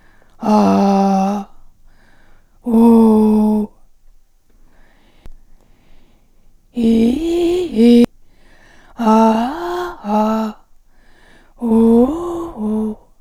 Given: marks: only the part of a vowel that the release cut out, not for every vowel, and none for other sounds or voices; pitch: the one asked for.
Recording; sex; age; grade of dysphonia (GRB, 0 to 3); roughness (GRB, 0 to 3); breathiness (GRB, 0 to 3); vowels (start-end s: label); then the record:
sustained vowels; female; 50 to 59 years; 2; 1; 2
0.54-1.31 s: vowel /a/, low pitch
2.78-3.59 s: vowel /u/, low pitch
6.88-7.99 s: vowel /i/, low-high-low pitch
9.11-10.15 s: vowel /a/, low-high-low pitch
11.75-12.84 s: vowel /u/, low-high-low pitch
From the record:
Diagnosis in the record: recurrent laryngeal nerve paralysis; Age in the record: 55 years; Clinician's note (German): Re, in Intermediärstellung mit sehr wenig strob. Restbeweglichkeit, 2. Aufnahme nach Therapie